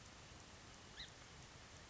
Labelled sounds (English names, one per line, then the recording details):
Song Sparrow
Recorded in Sonoma County, California